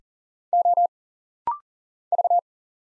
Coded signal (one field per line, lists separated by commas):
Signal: Morse code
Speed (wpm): 40 wpm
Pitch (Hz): 700 Hz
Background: none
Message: O V